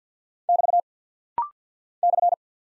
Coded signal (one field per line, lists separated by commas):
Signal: Morse code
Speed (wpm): 50 wpm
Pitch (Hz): 700 Hz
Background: none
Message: <BT> /